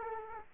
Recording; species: mosquito wingbeat signal from an infrared sensor; Aedes aegypti